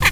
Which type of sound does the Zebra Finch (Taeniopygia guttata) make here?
kackle call